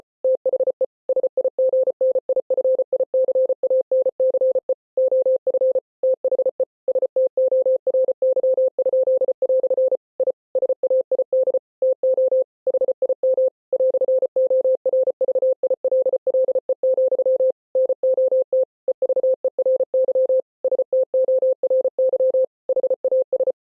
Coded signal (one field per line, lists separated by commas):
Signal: Morse code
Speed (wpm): 33 wpm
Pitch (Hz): 520 Hz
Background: none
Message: THE SIGNIFICANCE OF THE STORY?" I SAID TO HIM "ORVILLE, NOT EVERY STORY HAS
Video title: Mr. Hippo Speech but ITS IN MORSE CODE! [Flashing lights warning!]